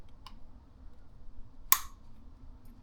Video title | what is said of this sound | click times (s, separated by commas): WALBRO 525 PUMP IN STOCK HANGER INSTALL 2018 STI | Okay. Okay, so we got him snapped into place. | 1.7 s